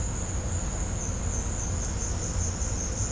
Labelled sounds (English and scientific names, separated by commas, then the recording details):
none
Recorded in pastures near Puerto Asís, Putumayo, Colombia, on 18 December 2024 at 17:00
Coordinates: 0.502, -76.324
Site G077